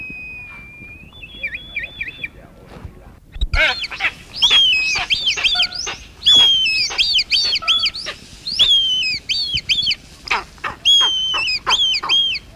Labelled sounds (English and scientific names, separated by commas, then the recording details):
Eastern Imperial Eagle (Aquila heliaca) call
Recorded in captivity
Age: adult
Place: Greifvogelwarte Berlebeck Detmold, Mecklenburg-Vorpommern, DE
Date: 1971-09-05
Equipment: Halbspur, 9,5 cm/s
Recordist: Lütgens, Hans